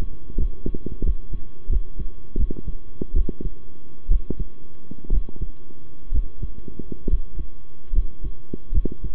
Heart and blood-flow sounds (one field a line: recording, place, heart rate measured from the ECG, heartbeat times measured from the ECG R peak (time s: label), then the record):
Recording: heart sounds by stethoscope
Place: between the tricuspid and mitral areas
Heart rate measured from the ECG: 72 bpm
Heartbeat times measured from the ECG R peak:
0.37 s: heartbeat
1.03 s: heartbeat
1.69 s: heartbeat
2.37 s: heartbeat
3.13 s: heartbeat
4.08 s: heartbeat
5.10 s: heartbeat
6.11 s: heartbeat
7.07 s: heartbeat
7.92 s: heartbeat
8.72 s: heartbeat
From the record:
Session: rest, sitting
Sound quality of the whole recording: good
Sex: male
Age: 23 years